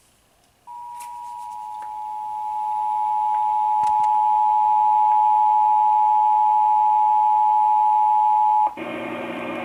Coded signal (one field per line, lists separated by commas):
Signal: Emergency Alert System (SAME) tones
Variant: 853 and 960 Hz attention tone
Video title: Child Abduction Emergency - 10/15/18 (EAS #1,762)